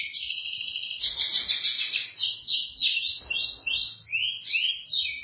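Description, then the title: Canary song: a continuous run of rapid high trills and sweeping warbled notes. "Kenari"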